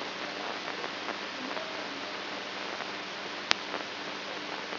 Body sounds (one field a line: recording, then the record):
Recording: brain microelectrode recording played as sound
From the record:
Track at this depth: outside the subthalamic nucleus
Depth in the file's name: 6.906 mm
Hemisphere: right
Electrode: 2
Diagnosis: Parkinson's disease